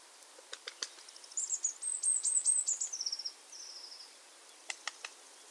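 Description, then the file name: Eurasian blue tit calling: a sustained run of rapid, thin high notes lasting about two seconds, ending in a drawn-out sliding note, with a few soft clicks around it. "Cyanistes caeruleus"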